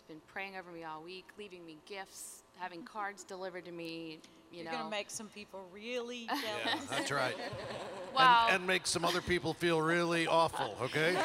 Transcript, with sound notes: He’s been praying over me all week, leaving me gifts, having cards delivered to me.
You’re going to make some people really jealous. (laughter)
That’s right—and make some other people feel really awful, okay?